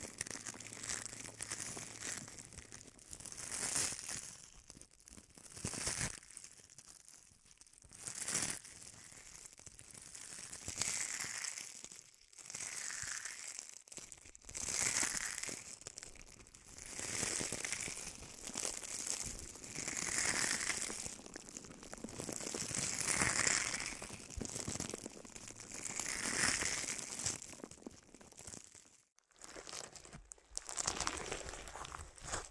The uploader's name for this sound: Bubble Wrap, Sponge